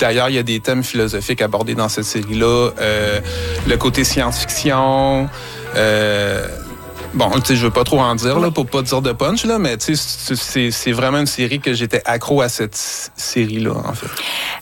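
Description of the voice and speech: A 47-year-old man speaks French at a normal pitch, mostly fluently. Brief disfluencies break the flow: stretched hesitation sounds, a drawn-out hiss and a repeated "c'est, c'est". These mild breaks fit stuttering, a hereditary, neurodevelopmental disorder of speech flow that he has had all his life.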